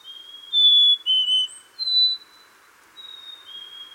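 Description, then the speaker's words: Black-capped Chickadee whistled phoebe song, a higher note dropping to a lower one, followed by more whistles, the last ones softer. Several chickadees singing the phoebe song on a spring day in Minnesota; song used to attract mates or advertise the edge of a territory. "Here are some chickadees singing the phoebe song on a spring day in Minnesota."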